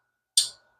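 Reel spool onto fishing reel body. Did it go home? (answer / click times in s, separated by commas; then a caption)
yes / 0.4 s. The spool of a vintage ABU Garcia Abumatic 170 spincast fishing reel is pushed onto its shaft and locks in place with a single sharp, bright tick at 0.4 s. The tick fades within about a quarter second over a faint steady tone, leaving the spool seated on the reel body.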